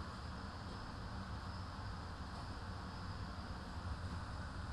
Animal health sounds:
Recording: poultry house recording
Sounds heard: no chicken sound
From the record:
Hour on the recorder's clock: 12

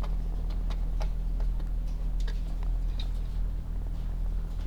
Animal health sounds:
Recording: poultry house recording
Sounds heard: sick chickens (respiratory disease)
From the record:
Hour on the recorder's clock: 16

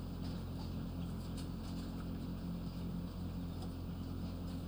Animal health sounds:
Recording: poultry house recording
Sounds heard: healthy chickens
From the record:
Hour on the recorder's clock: 20

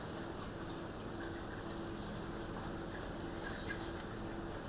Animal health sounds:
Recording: poultry house recording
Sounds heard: healthy chickens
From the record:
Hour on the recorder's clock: 22

